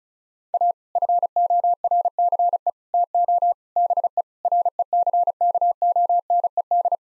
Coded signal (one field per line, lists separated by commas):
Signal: Morse code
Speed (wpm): 34 wpm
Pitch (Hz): 700 Hz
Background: none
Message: A FORCE TO BE RECKONED